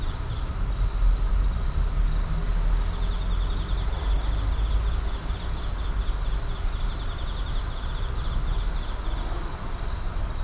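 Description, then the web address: Night insects in a continuous high pulsing chorus, with a steady low rumble underneath throughout. Numerous insects at night in an urban park. "Urban park night insects numerous. boom library Urban and Suburban"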